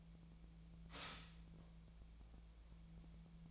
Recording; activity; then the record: daily activity, microphone in the room; stop toaster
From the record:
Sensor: 1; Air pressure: 1009.3 hPa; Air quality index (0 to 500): 196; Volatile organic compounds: 19 ppm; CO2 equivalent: 2671 ppm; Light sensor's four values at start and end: 27/69/29/34 and 27/69/29/34